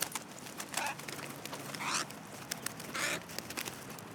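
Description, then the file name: Carrion crow uttering harsh, rasping caws, a few spaced notes of varying strength, amid rustling and clicking background noise. "Corvus corone"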